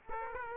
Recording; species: mosquito wingbeat signal from an infrared sensor; Aedes aegypti